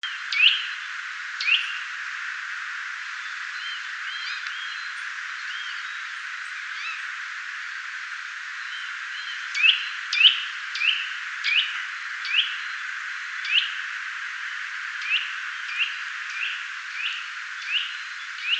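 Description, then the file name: Eurasian nuthatch calling with sharp, high, piping notes repeated irregularly, sparse at first and then more frequent, over a steady background hiss. "Sitta europaea"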